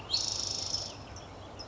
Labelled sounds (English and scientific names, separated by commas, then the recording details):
Spotted Towhee (Pipilo maculatus)
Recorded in Sonoma County, California